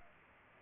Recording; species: mosquito wingbeat signal from an infrared sensor; Culex pipiens